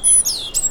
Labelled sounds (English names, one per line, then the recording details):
Stitchbird song
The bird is a male
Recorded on Tiritiri Matangi Island, New Zealand, in 2005
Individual 1, of nest box 1